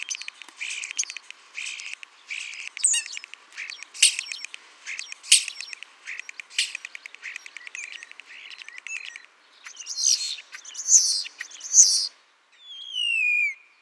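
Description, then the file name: Common starling song, fast clicking rattles and buzzy notes building into loud wheezy bursts, ending with a clear descending whistle. "Spreeuw"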